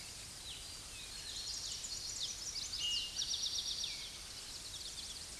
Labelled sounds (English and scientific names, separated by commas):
Eastern Towhee (Pipilo erythrophthalmus) song